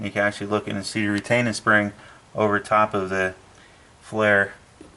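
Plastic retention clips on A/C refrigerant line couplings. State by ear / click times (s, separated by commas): not seated / none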